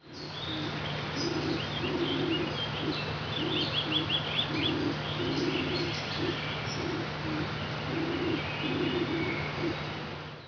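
Trocaz pigeon cooing, a series of low soft hooted notes in short groups, with faint higher bird chirps and a steady hum in the background.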